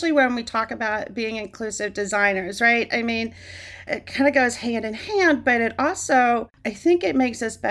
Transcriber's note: none